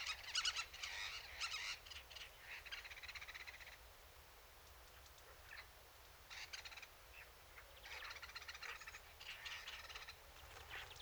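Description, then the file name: Eurasian blackcap song, quick scratchy warbled phrases in several bursts with quiet gaps between them. "Sylvia atricapilla"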